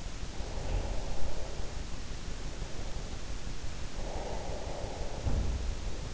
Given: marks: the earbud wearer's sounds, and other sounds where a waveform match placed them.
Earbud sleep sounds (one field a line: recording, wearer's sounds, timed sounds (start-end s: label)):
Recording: sounds in sleep by an in-ear microphone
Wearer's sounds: breath, teeth grinding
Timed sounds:
0.14-2.08 s: breath
0.61-0.89 s: teeth grinding
3.76-5.21 s: breath
5.21-5.67 s: teeth grinding